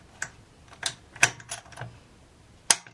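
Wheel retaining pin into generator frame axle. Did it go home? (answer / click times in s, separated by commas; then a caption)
yes / 2.7 s. A wheel retaining pin is pushed all the way through the hole in the wheel axle on the frame of a Powermate PM0143250 3250 watt generator. Several light taps and scrapes come first, then the pin locks in place with a sharp snap at 2.7 s, seating the wheel.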